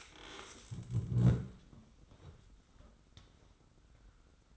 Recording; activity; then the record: daily activity, microphone in the room; stand up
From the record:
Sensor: 3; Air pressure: 990.5 hPa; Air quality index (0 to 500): 172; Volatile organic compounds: 1000 ppm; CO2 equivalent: 5561 ppm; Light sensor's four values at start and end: 39/90/37/35 and 38/91/37/35